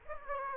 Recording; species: mosquito wingbeat signal from an infrared sensor; Aedes aegypti